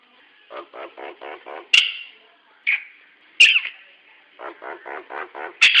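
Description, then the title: Nias hill myna giving a few sharp, explosive notes, alternating with series of low, rough, pulsed gurgles. "Burung jalak nias"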